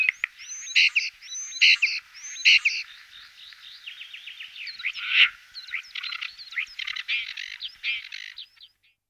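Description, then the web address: Common starling song: a varied medley of sharp clicks, buzzy rattles and thin whistled slurs, opening with three repeated harsh phrases, then a rapid run of chattering notes. Recorded in 2004. "singvoegel. gesang. roche 2004 star"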